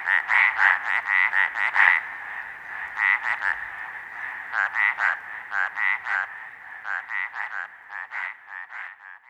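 Arizona treefrog calling in rapid bursts of short pulsed notes, roughly four per second, with brief pauses between runs and softer repeats later on.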